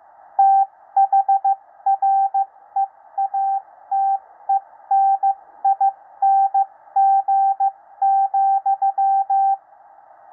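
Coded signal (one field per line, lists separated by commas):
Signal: Morse code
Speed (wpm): 15 wpm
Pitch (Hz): 780 Hz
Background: radio noise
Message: THREATENING,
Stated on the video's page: 13 WPM code practice broadcast for head copy, part of a recent broadcast.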